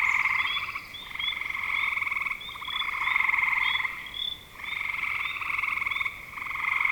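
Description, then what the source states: Frogs in full chorus, grating pulsed trills of one to two seconds alternating, punctuated by short high upslurred notes. Spring 2025.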